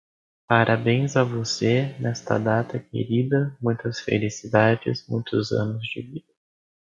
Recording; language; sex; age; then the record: short text; Brazilian Portuguese; male; 18 to 19 years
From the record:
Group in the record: control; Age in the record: 18 years